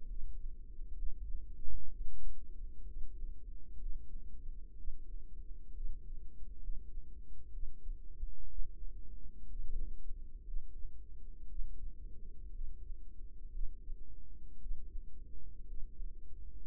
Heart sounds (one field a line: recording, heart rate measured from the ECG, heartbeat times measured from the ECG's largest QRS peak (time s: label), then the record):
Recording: heart sounds by microphone in the right ear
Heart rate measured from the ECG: 61 bpm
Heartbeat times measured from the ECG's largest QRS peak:
0.07 s: heartbeat
0.95 s: heartbeat
1.89 s: heartbeat
2.85 s: heartbeat
3.78 s: heartbeat
4.76 s: heartbeat
5.73 s: heartbeat
6.60 s: heartbeat
7.51 s: heartbeat
8.48 s: heartbeat
9.47 s: heartbeat
10.45 s: heartbeat
11.48 s: heartbeat
12.51 s: heartbeat
13.51 s: heartbeat
14.59 s: heartbeat
15.65 s: heartbeat
16.66 s: heartbeat
From the record:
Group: healthy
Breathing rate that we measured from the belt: 19 breaths a minute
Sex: female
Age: 28 years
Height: 170 cm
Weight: 77 kg